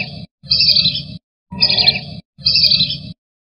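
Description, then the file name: Wandering whistling duck repeating shrill, buzzy whistled bursts about once a second, three full bursts after a cut-off one, with short gaps. "audio-burung-belibis-kembang -omkicau"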